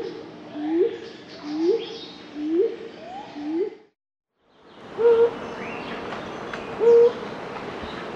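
Superb fruit dove calling in a run of four low, upward-swelling hoots roughly a second apart, then a pause and two flatter hoots, with other birds calling softly behind.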